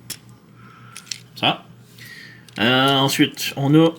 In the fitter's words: Ensuite on tire la roue ici. Comme ça. Jusqu'à ce que ça clique.